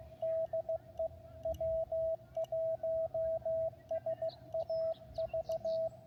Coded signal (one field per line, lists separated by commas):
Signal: Morse code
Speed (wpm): 15 wpm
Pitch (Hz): 650 Hz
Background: radio noise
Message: DE W1SAV